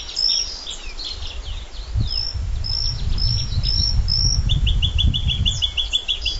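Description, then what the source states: Bluethroat song of ringing high notes, ending in a quick string of short, sharp notes, over a low rumbling background noise. Black-faced bunting and dusky warbler songs in background.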